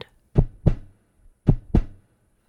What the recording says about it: A heartbeat. That's a heartbeat. Your heartbeat is part of what's called your circulatory system. Your heart sends blood to all the different parts of your body.